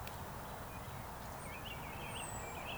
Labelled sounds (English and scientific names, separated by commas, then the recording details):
Eurasian Woodcock (Scolopax rusticola) whistle
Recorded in Baden-Württemberg, Germany, on 3 June 2021 at 19:17 UTC
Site 45499, 200 m above sea level